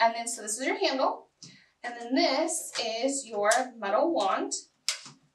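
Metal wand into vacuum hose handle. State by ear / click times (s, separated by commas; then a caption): seated / 4.9 s. A metal wand is attached to the hose handle of a Miele Complete C2 Hard Floor vacuum while someone talks. A short sharp click sounds at 4.9 s as the wand clips onto the handle and seats.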